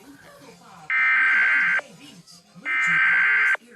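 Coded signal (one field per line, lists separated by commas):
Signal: Emergency Alert System (SAME) tones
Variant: header bursts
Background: speech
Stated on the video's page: Fictional EAS scenario built from Amber Alert and 5th Malaysia EAS sounds with Cortana voice.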